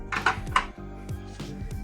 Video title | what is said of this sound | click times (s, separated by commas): SCOOTER SQUAD Zuma Build Pt. 2 | and then usually they just snap right in like that | 0.3 s, 0.6 s